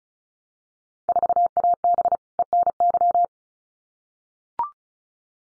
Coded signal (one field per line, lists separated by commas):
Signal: Morse code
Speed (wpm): 34 wpm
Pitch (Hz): 700 Hz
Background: none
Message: 4AB ENY